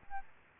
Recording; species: mosquito wingbeat signal from an infrared sensor; Aedes albopictus